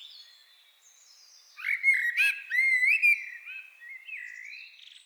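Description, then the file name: Common blackbird song: one phrase of smooth, wavering fluted whistles with a sharp, high squeak in the middle, fading into softer warbling. "Turdus merula"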